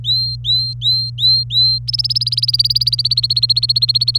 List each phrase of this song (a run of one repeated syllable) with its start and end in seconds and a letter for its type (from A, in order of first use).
0.00-1.78 A, 1.88-4.18 B